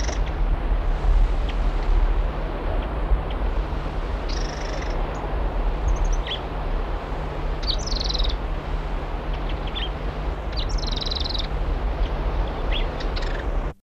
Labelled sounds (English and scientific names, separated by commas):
Dusky Sunbird (Cinnyris fuscus) call